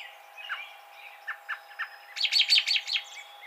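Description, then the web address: Song sparrow song: a few soft, scattered chirps, then a sudden loud burst of rapid, bright, jumbled notes near the end. Recorded on 28 April 2007. "Song Sparrow 2007 04 28"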